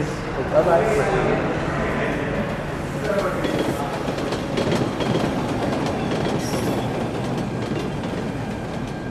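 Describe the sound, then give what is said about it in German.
An air-conditioned metro train in Delhi runs steadily along the rails, a continuous loud rumble with rattling, clattering wheel noise throughout, and indistinct voices mixed into the din. “Das Streckennetz für die klimatisierten Züge expandiert ebenso rasch wie das Gewirr der Stadtautobahnen.”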